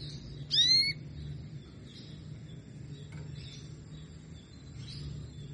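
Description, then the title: Canary giving a single clear upward-sweeping call near the start, then only faint soft chirps over a low background hum. Female canary sounds, Belgian canary, played to stimulate and warm up lazy males so they sing frequently. "Canto Para Esquentar Canário Belga. SUARA KENARI BETINA AMPUH memancing jantan malas bunyi kenari paud jadi gacor"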